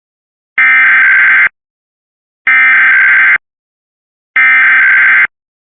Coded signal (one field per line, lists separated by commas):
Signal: Emergency Alert System (SAME) tones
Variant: header bursts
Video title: WPVI-TV Emergency Alert System Required Monthly Test in PA (EAS #90)